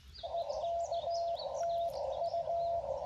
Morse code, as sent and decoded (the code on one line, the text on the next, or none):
. -.- - ..-
EKTU